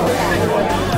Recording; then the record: background sound without coughing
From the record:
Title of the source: Nightlife Party Simulating Party Club Noise 1 Hour